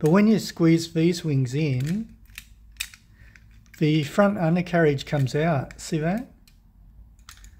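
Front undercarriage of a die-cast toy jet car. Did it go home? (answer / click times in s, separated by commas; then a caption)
no / none. Someone talks while squeezing the wings of a die-cast metal toy jet car, which pushes out its front undercarriage. Small sharp mechanical taps and clicks come from about 2.3 to 3.7 s and again near 6.5 and 7.2 to 7.4 s. The undercarriage does not lock into place, and nothing has clicked or seated; a worn spring is blamed.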